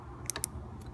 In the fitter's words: it is it clicked that